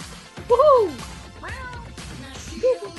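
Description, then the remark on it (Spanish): A person imitates a cat's meow with a loud, drawn-out cry that bends up then falls, followed by a shorter second mew and a brief high squeak, with voices talking around them. “… aparentemente es un gato.”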